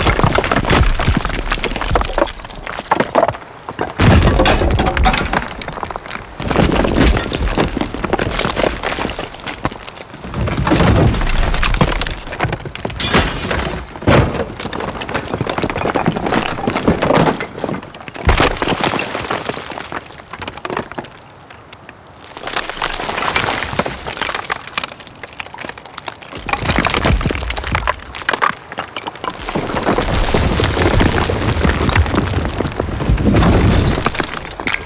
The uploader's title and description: Building Collapse Sound Effects. Debris and destruction sounds